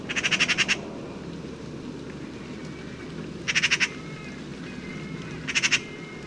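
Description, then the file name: Eurasian magpie rattle calls in three harsh pulsed bursts, with faint thin whistles between them. "Pica pica"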